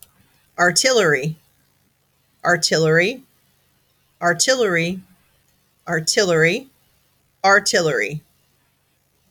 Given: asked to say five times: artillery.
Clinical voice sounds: repeated word; female; 40 to 49 years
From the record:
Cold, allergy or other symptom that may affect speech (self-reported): no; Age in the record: 46 years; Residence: Pennsylvania, United States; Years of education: 14

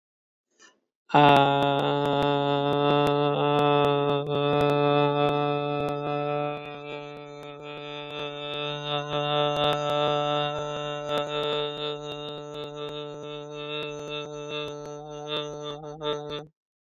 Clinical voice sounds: vowel held as long as possible; male; 30 to 39 years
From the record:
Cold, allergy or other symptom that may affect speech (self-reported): no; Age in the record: 33 years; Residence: Massachusetts, United States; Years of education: 17

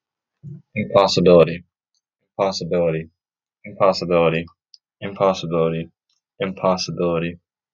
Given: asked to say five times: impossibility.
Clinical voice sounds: repeated word; male; 20 to 29 years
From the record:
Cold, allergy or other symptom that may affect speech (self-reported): no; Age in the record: 20 years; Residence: Florida, United States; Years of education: 15

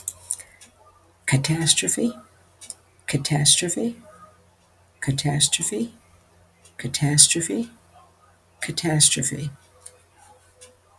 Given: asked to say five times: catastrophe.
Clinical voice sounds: repeated word; female; 70 to 79 years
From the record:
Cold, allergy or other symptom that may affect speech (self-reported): no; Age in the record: 77 years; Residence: United States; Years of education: 12

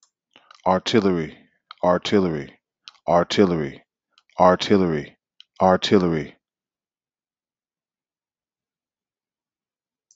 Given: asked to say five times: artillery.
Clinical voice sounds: repeated word; male; 30 to 39 years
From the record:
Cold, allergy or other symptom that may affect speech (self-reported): no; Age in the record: 32 years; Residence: North Carolina, United States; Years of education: 12

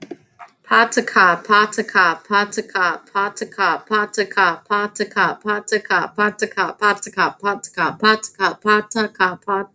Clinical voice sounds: repeated syllables /pa ta ka/; female; 30 to 39 years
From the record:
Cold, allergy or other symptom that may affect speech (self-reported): no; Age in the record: 31 years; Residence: Louisiana, United States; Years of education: 18

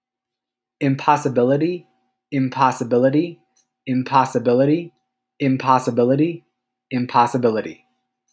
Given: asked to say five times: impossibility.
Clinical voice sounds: repeated word; male; 20 to 29 years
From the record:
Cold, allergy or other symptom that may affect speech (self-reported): no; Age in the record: 24 years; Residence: California, United States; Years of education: 19

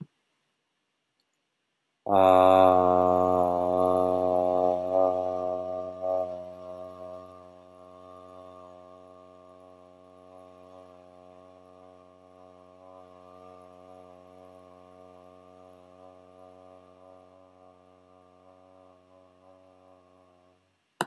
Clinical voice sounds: vowel held as long as possible; male; 40 to 49 years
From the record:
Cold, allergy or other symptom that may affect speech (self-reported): no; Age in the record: 42 years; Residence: California, United States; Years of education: 16

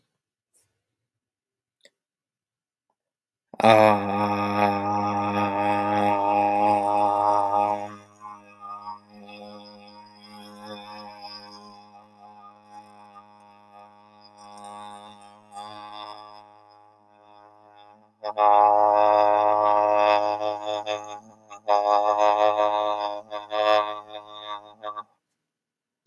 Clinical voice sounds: vowel held as long as possible; male; 20 to 29 years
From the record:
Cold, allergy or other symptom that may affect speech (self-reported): no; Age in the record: 28 years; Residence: United States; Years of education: 16

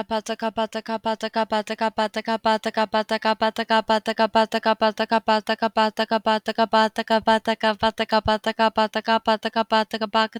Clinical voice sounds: repeated syllables /pa ta ka/; female; 30 to 39 years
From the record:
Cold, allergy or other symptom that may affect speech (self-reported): no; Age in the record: 32 years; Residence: Massachusetts, United States

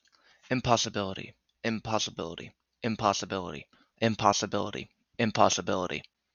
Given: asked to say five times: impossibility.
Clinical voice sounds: repeated word; male; 20 to 29 years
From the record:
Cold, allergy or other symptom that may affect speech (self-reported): no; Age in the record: 20 years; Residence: Connecticut, United States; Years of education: 14

